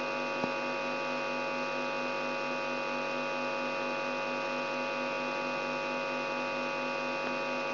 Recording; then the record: brain microelectrode recording played as sound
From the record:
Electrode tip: outside the subthalamic nucleus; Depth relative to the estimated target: 3.5 mm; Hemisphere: right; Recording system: AlphaMap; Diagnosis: Parkinson's disease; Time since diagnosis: 12 years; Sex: female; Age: 65 years